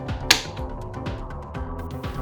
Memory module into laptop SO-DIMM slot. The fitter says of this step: la nueva rama es mucho más sencillo deslizarla con las ranuras escuchar el clic y listo